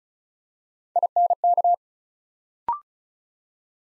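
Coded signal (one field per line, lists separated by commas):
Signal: Morse code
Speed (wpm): 36 wpm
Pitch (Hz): 700 Hz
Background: none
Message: INK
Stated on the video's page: Build-a-word Morse practice at 35 wpm: 3-letter words copied one letter at a time for instant character recognition.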